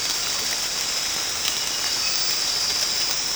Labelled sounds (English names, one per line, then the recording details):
none
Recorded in secondary vegetation near Puerto Asís, Putumayo, Colombia, on 8 March 2025 at 02:30
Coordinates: 0.485, -76.322
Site G040